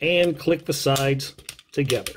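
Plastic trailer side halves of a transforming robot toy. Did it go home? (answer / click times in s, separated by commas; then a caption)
no / none. Someone talks while handling the plastic trailer of a 1986 G1 transforming robot toy: the top is folded over, the ramp is held up, and the two plastic side halves are brought together to click. Only speech and faint handling sounds are heard, and nothing has seated or clicked yet.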